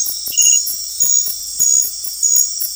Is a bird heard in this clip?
no